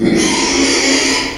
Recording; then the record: squeal of a Yucatan mini pig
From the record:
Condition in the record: after surgery on the right vocal fold (resection and tissue-engineered implant); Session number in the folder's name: 2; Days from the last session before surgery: 13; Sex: male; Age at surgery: 12 weeks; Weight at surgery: 13 kg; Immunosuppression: cyclosporine, prednisolone